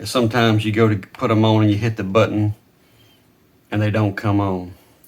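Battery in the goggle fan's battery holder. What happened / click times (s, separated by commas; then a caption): Handled, not yet seated: no battery click yet / none. Someone talks about a coin battery in the battery holder of H World airsoft goggles with a fan, which sometimes don't come on when the button is hit because the loose battery isn't all the way in. The battery is being handled, but nothing has seated or clicked into the holder yet.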